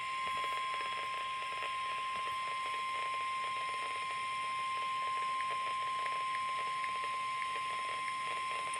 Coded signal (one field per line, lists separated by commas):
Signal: Emergency Alert System (SAME) tones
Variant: 1050 Hz attention tone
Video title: weekly tests lacrosse did eas102-106 eas alerts from 1/26/22